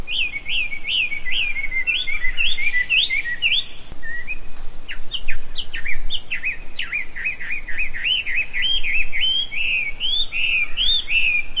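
Bird singing a steady, varied warble of looping whistled phrases with brief pauses, over a low background rumble.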